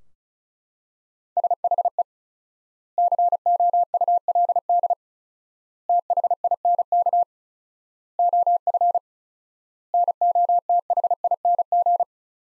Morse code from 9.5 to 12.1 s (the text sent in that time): NOTHING